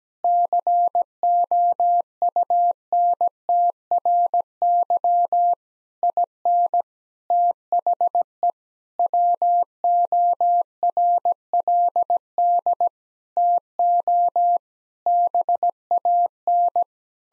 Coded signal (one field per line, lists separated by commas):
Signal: Morse code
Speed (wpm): 17 wpm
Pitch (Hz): 700 Hz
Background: none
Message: COUNTRY IN THE WORLD TO BAN